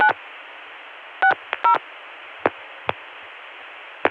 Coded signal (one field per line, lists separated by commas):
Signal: DTMF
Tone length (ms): 100 ms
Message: 960